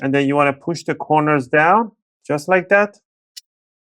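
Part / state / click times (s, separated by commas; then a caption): plastic bottom cover clip into laptop base / seated / 3.4 s. Someone talks while the aligned plastic bottom cover of a Toshiba Satellite S55T-B535 laptop has its corners pushed down onto the laptop base, as it goes back on after a RAM upgrade. A single short, sharp click is heard at 3.4 s as a plastic clip snaps into the base, and the cover is seated.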